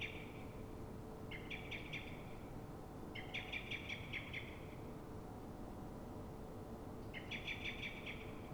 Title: Pl. de Francisco Escolar, 10, 28944 Fuenlabrada, Madrid, España - Mirlo asustado